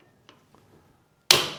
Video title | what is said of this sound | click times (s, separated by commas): How to replace GE Dishwasher Lower Rack Roller - Part WD12X26146 - Parts Dr - Dishwasher Rack Wheel | and snap it into place. | 1.3 s